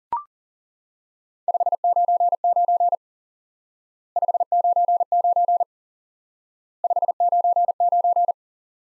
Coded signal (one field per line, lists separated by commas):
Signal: Morse code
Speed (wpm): 40 wpm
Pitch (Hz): 700 Hz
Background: none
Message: 599 599 599